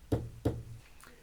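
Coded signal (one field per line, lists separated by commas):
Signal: bell signal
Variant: UK Absolute Block bell code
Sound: two quick bell strikes about a third of a second apart, short ring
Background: small room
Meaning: Train entering section, repeated back as acknowledgement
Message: 2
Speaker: Again, we repeat this back and we'll turn the commutator on the block indicator to train on line.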